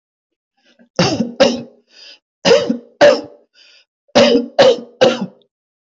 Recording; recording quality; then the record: heavy voluntary cough; excellent, no background noise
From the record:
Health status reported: healthy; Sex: male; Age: 44 years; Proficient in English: yes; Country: India